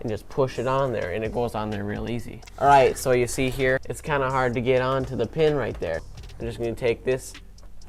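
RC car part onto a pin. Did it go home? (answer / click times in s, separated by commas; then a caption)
no / none. Someone talks while handling a part on an RC truck's suspension or drivetrain, using a tool as a handle to press it onto its pin after it proved hard to line up. Two faint ticks are heard near 7.6 and 7.8 seconds, but the part has not seated or clicked onto the pin yet.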